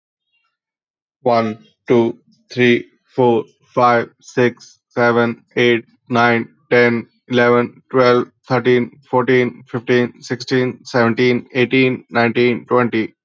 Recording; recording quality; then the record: counting at a normal pace; poor, much background noise or distortion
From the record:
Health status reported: respiratory illness, not identified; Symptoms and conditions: asthma, diabetes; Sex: male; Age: 40 years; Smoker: not ticked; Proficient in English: yes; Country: India